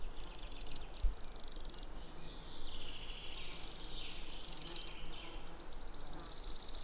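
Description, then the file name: Eurasian wren delivering repeated high, rapid trills in loud bursts about a second long, returning after short gaps over a constant hiss. "Troglodytes troglodytes"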